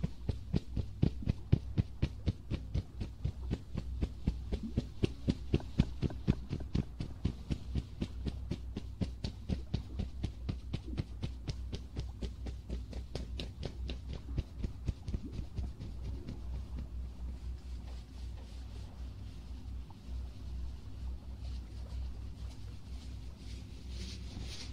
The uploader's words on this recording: ASMR Ear cleaning & Ear massage.